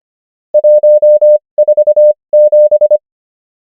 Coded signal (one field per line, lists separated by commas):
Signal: Morse code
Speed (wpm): 25 wpm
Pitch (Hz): 600 Hz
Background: none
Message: 147